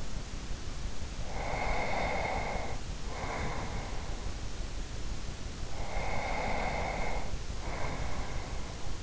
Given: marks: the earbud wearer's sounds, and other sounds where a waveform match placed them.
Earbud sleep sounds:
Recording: sounds in sleep by an in-ear microphone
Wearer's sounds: breath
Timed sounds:
1.08-4.51 s: breath
5.77-9.03 s: breath

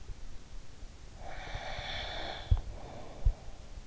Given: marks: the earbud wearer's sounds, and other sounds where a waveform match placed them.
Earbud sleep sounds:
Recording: sounds in sleep by an in-ear microphone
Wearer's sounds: snoring breath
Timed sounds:
1.18-3.78 s: snoring breath

